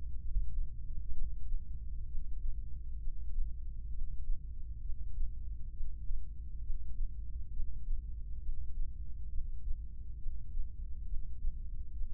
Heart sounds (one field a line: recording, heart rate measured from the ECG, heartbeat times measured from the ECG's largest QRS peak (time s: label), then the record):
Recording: heart sounds by microphone in the left ear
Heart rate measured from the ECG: 66 bpm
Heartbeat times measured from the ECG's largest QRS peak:
0.17 s: heartbeat
1.11 s: heartbeat
2.05 s: heartbeat
2.97 s: heartbeat
3.88 s: heartbeat
4.79 s: heartbeat
5.70 s: heartbeat
6.60 s: heartbeat
7.50 s: heartbeat
8.39 s: heartbeat
9.27 s: heartbeat
10.16 s: heartbeat
11.04 s: heartbeat
11.91 s: heartbeat
From the record:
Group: heart failure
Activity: breath hold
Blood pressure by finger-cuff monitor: 84/51 mmHg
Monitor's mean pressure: 62 mmHg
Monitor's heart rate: 66 bpm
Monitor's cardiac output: 4.8 L/min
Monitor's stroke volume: 74 mL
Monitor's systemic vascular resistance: 870 dyn s/cm5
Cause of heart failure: ischemic heart disease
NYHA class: 1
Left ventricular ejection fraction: 33%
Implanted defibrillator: present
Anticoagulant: apixaban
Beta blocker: carvedilol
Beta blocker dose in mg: 18.75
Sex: male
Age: 39 years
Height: 168 cm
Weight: 72 kg